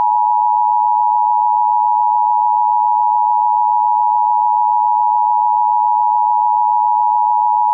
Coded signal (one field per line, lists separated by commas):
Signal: Emergency Alert System (SAME) tones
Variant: 853 and 960 Hz attention tone